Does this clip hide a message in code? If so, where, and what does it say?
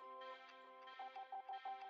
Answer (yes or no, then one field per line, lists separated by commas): no